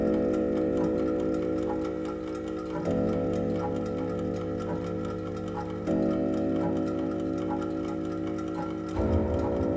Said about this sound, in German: Uhr, Uhr, Uhr, Uhr, müsst nur alle leise schnurren, müssten alle leise schnurren. Was machst du da auf der Wanduhr?